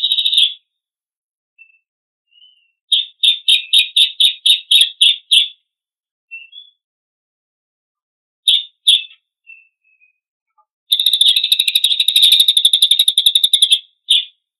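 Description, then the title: Lesser Racket-tailed Drongo song: short high chattering bursts, then a long rapid buzzy trill near the end, separated by brief silent gaps and soft faint notes. Persistently singing bird used as a training (masteran) song for murai to copy; tembakan (shooting) style. "Masteran Burung Cililin Gacor Untuk Masteran Murai Suara Tembakan Cililin"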